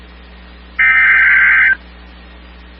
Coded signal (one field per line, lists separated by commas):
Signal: Emergency Alert System (SAME) tones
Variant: header bursts